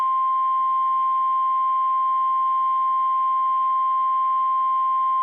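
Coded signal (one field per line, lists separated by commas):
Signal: Emergency Alert System (SAME) tones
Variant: 1050 Hz attention tone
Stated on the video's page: Severe Thunderstorm Warning from NWS Sioux Falls, received on NOAA Weather Radio station WXM28.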